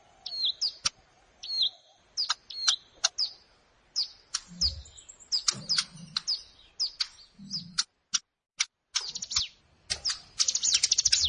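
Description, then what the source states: Plain prinia song: sharp high chips and short downslurred notes repeated in bursts, ending with a rapid chattering run; faint low thumps underneath. Recorded in a rice field (sawah).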